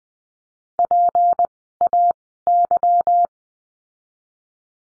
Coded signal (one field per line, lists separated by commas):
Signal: Morse code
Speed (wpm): 20 wpm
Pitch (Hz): 700 Hz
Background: none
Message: PAY